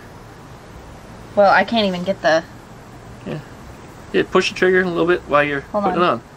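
A socket is pushed onto the anvil of an air impact gun during a rear disc brake install on a 1971 VW Karmann Ghia, with the trigger to be pulsed gently so the socket turns and snaps on. Someone talks throughout over a quiet background, and no tool or mechanical sounds stand out. The socket has not snapped onto the anvil yet; nothing has seated.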